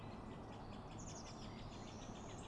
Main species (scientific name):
Cyanistes caeruleus